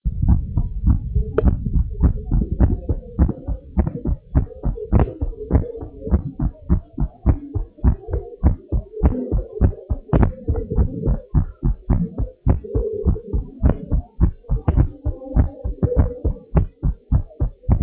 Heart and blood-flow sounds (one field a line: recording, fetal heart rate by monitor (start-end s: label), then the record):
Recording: heart sounds of a pregnant woman by stethoscope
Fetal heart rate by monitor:
no fetal heartbeat
From the record:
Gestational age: 36 weeks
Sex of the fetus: boy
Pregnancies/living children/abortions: 1/0/0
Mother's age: 23 years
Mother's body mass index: 22.6